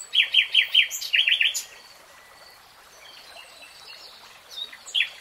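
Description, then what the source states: Nightingale singing a series of rapid repeated notes, then a quiet gap before a brief closing phrase. Nightingale singing, real time.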